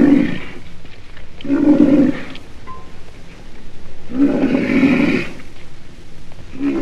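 Black rhinoceros growls: four rough, breathy roars with a low buzzy tone, the third one longest, separated by pauses of one to two seconds.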